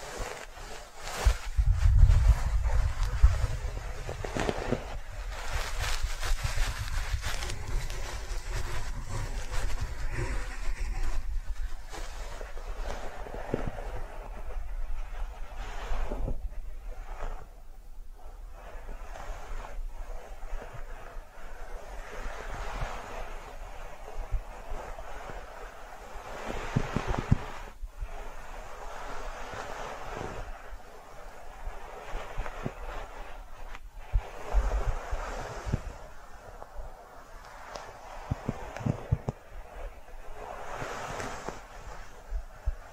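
Brushing strokes sweep back and forth in a soft, hissy rush that never fully stops. A louder stretch with a low rumble fills the first seven seconds, then the strokes settle into uneven swells, brightening briefly around 16, 27 and 35 seconds.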